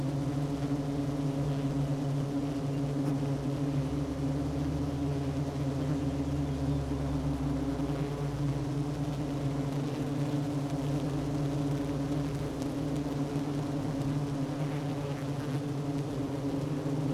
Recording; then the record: honeybee colony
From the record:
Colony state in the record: active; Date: 12 June 2018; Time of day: 10:20